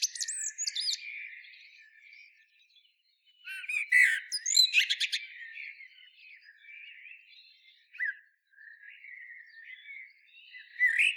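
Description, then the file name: Common blackbird song with an opening high squeaky flourish, a dense rattling burst of sharp notes, then long soft warbling and a brief louder phrase at the close. "Turdus merula"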